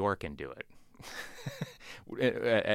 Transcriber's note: laughter